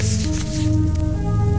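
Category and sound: household object, rolling paper being handled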